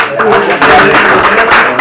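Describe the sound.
A crowd applauds steadily, a dense, loud wash of many hands clapping at once, with a few murmuring voices mixed into the sustained noise.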